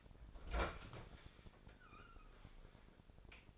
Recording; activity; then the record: daily activity, microphone in the room; open fridge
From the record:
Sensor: 5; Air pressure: 995.3 hPa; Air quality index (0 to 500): 93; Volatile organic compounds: 5 ppm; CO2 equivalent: 1753 ppm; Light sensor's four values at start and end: 35/84/34/34 and 36/86/35/36